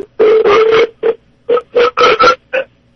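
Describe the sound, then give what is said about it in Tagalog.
A loud, drawn-out burp broken into about eight rough, throaty pulses with short gaps between them, fairly steady in pitch, with no talking over it. “That was a burp?”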